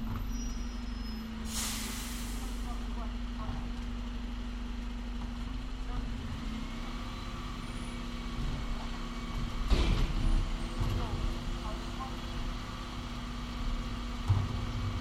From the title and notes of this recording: Springtime residential soundscape from the suburbs of South London during the first lockdown. The recording presents the entire refuse collection sequence from the point of audition of my bedroom. The bin lorry turns into the top of the street, gradually moves down the street passing by my bedroom window where the microphones are positioned, and steadily disappears from within earshot.